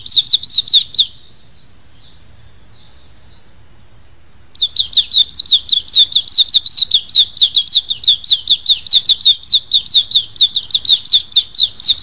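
Oriental magpie-robin song: a burst of looping whistles, a few soft notes, a pause of about one second, then a long, fast, even string of sharp whistled notes.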